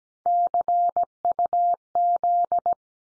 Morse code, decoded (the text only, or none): CUZ